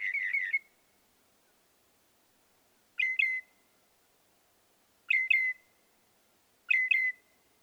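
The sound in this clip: Northern mockingbird song, with brief whistled phrases of a few quick notes ending in a held tone, repeated four times with short pauses between.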